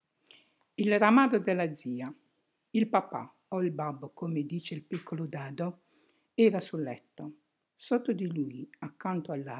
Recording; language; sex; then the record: read passage; Italian; female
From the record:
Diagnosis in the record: healthy control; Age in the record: 68 years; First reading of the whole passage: 56 s, 9.3 characters per second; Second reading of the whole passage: 53 s, 9.8 characters per second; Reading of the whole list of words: 52 s, 5.4 characters per second